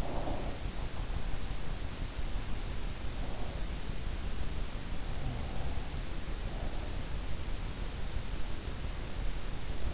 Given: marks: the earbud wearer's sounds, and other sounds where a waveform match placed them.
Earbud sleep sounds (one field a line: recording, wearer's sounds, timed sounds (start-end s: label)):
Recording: sounds in sleep by an in-ear microphone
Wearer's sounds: breath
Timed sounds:
0.00-0.51 s: breath